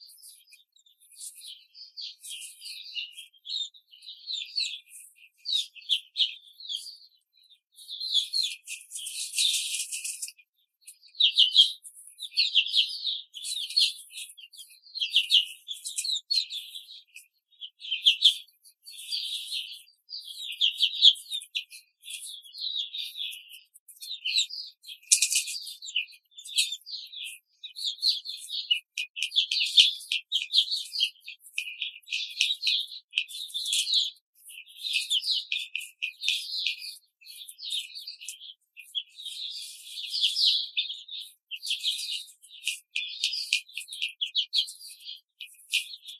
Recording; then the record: young laying hens in a cage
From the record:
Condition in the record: control cage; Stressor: none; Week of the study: 5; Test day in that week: 1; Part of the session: 1